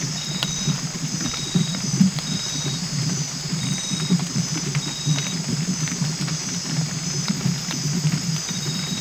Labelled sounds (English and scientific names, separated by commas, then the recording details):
none
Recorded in dense forest near Puerto Asís, Putumayo, Colombia, on 22 December 2024 at 19:30
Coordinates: 0.484, -76.317
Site G026